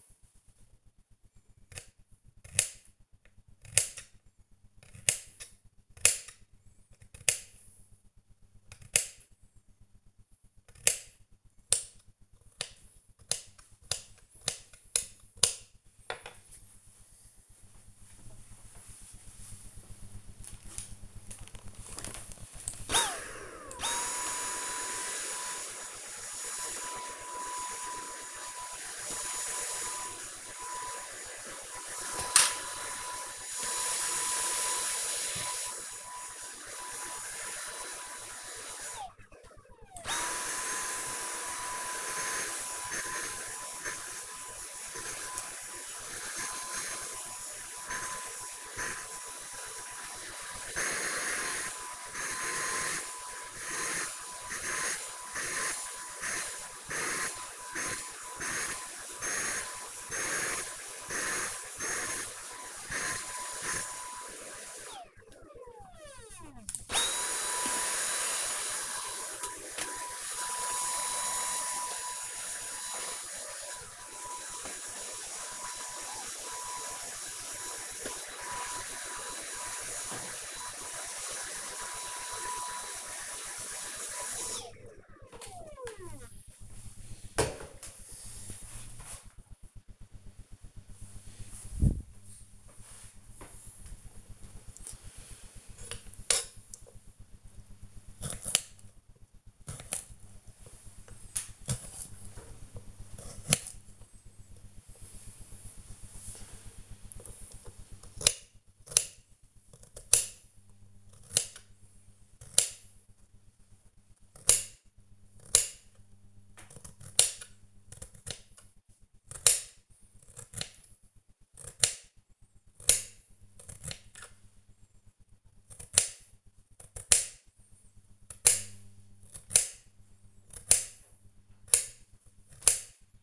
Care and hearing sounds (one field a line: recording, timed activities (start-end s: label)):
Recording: household activities, microphone on the right wrist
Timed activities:
0.00-16.30 s: cutting vegetables
21.32-84.77 s: vacuum cleaning
93.84-133.22 s: cutting vegetables